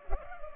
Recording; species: mosquito wingbeat signal from an infrared sensor; Culex pipiens